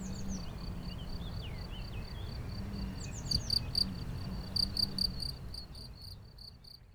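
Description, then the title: Cricket song, a high pulsing trill in short bursts that fades toward the end, with faint chirpy notes near the start and low background hum. Lone cricket, among the first of the season, singing for some days now in an intermittent, discontinuous way; Chindrieux, France. "Chindrieux, France - grillon seul"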